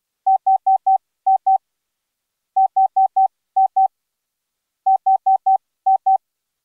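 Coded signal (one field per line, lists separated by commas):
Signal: none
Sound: synthesizer music notes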